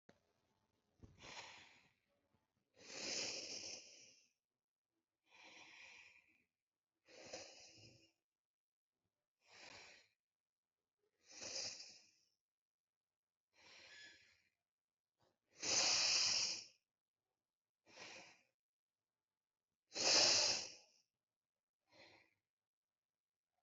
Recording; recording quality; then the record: deep breathing; excellent, no background noise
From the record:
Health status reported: respiratory illness, not identified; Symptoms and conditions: asthma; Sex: female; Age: 27 years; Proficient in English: yes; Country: India